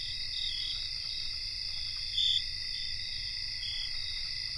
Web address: Nature Songs N America Songs of Insects Cricket chorus